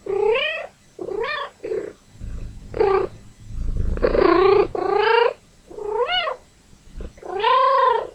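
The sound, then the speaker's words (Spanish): A cat that wants to play meows over and over, about eight insistent, rising-and-falling calls, with a low rumbling purr audible in the gaps between some of them. No voices. “Este es un gato que quiere jugar.”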